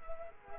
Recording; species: mosquito wingbeat signal from an infrared sensor; Culex quinquefasciatus